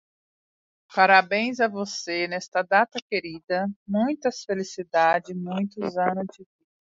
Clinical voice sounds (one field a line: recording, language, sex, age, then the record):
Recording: short text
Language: Brazilian Portuguese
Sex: female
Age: 40 to 49 years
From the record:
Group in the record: control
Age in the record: 46 years